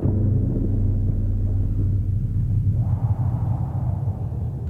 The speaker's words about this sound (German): Bald darauf rollt der Wagen mit den Reisenden durch die totenstillen Straßen der Landstadt.